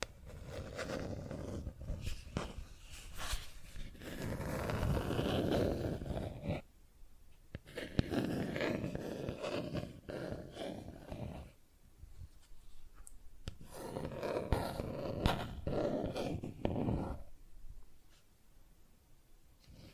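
Plastic objects are scratched and tapped in rough, rasping bursts with a low grinding undertone, running from the start to about 6.5 seconds, again around 8 to 11 seconds, and from 13 to 17 seconds. Quieter gaps between them hold scattered sharp taps.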